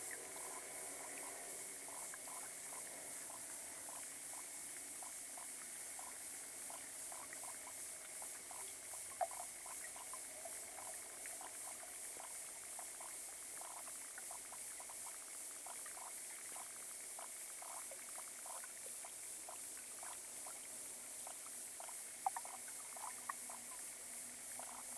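Underwater hydrophone recording from a small pond: a steady bright hiss with rapid irregular ticks and clicks throughout, plus occasional sharper knocks.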